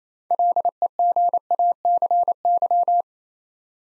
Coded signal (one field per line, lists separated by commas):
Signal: Morse code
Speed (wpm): 27 wpm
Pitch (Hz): 700 Hz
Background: none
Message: LEGACY